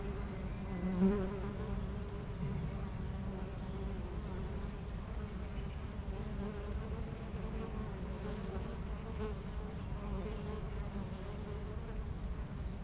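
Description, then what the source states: Honey bees make a dense, unbroken low hum throughout, with a few faint high bird notes scattered behind. Foraging honey bees flying back and forth to flowers between two hives in a garden apiary, Aix-les-Bains, France; a few birds in the neighbouring wood.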